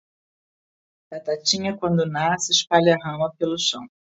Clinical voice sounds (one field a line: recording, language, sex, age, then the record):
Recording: short text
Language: Brazilian Portuguese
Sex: female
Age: 60 to 69 years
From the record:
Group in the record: control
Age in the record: 62 years